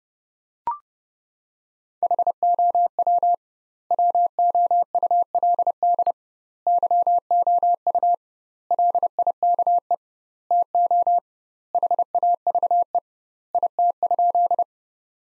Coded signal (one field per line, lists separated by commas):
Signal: Morse code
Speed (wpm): 30 wpm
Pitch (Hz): 700 Hz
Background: none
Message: HOW WOULD YOU LIKE TO HAVE IT?